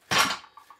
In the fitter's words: you can feel it click, and then push both of these down